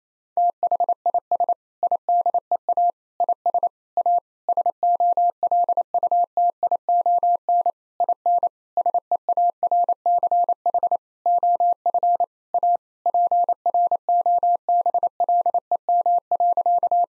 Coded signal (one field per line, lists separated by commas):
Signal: Morse code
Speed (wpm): 28 wpm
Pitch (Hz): 700 Hz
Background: none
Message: THIS IDEA IS A SOLUTION IN SEARCH OF A PROBLEM.